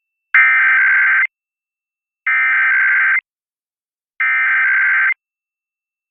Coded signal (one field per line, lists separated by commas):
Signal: Emergency Alert System (SAME) tones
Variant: header bursts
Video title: [EAS #2076-#2079] KTSB, WGY, Air1 & KWIZ Required Weekly Tests